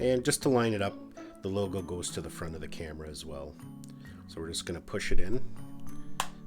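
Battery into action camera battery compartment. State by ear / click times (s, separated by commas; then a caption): seated / 6.2 s. Someone talks while a plastic-cased camera battery is lined up with its logo to the front and pushed into the battery compartment of a GoPro Hero 5 Black action camera. A sharp snap at 6.2 s marks the battery seating in place.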